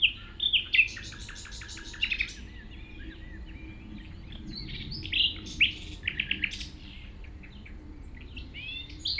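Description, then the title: Common nightingale song with rapid repeated notes early, then varied sharp whistles and chirped phrases in bursts separated by short pauses; steady low rumble. Singing in tall grass at Chindrieux, France, approached on foot by the recordist; deaf to outside noise while singing. "195 Rue de Vars, 73310 Chindrieux, France - approche d'un rossignol"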